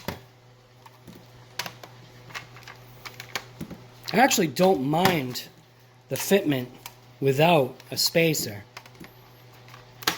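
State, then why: Partly seated. A 3D printed plastic adapter, made to fit a Dyson mini powered tool to a Shark, is handled and pushed onto a cordless vacuum's fitting with scattered light plastic taps and clicks while someone talks. At 10.1 s it gives a weak, incomplete click: it only almost clicks in.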